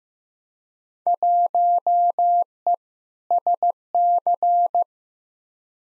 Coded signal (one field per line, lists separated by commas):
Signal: Morse code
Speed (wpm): 15 wpm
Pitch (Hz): 700 Hz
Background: none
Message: 1E SC